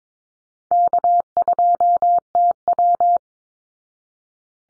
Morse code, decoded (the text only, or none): K2TW